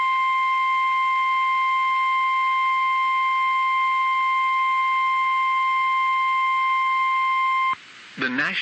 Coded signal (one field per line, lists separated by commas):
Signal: Emergency Alert System (SAME) tones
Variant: 1050 Hz attention tone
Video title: 500 EAS ALERTS! - Severe Weather Alerts from 5/19/2026 EAS (#493-#501)